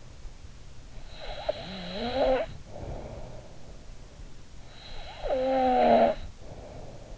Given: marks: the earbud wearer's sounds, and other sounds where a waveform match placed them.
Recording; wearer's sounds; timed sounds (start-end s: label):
sounds in sleep by an in-ear microphone; snoring breath
1.05-3.64 s: snoring breath
4.71-7.18 s: snoring breath